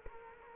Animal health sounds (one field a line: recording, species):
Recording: mosquito wingbeat signal from an infrared sensor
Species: Culex quinquefasciatus